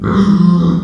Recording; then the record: squeal of a Yucatan mini pig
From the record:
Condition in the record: after surgery on the right vocal fold (resection and tissue-engineered implant); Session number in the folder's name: 13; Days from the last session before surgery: 113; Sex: female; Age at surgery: 19 weeks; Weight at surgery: 25 kg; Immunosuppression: prednisolone